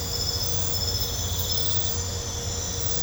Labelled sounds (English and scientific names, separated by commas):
none